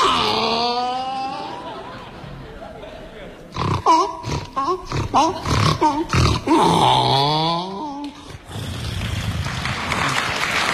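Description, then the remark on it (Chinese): A man's voice imitates a donkey braying, a long series of loud, rhythmic hee-haw bursts alternating between high wheezy whines and lower honking grunts, followed by laughter and applause. “你还没变呢，待功夫大的自个儿就叫唤上了。”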